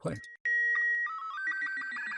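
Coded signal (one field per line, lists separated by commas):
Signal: SSTV (slow-scan television)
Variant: Robot 36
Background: speech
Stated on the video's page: SSTV easter egg signals from the game Portal 2.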